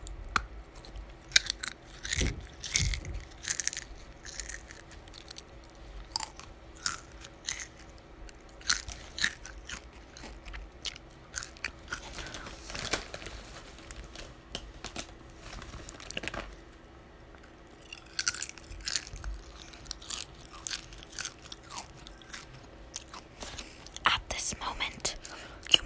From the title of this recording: Chip ASMR